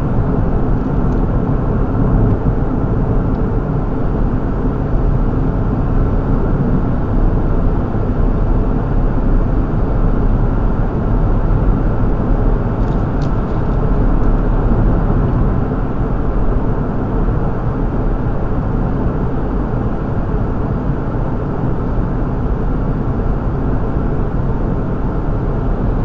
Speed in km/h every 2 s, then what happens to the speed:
61, 58, 58, 58, 61, 63, 64, 66, 66, 63, 61, 60, 60.
0-6 steady at about 58. 6-16 speeds up to 66. 16-26 slows to 60.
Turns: none.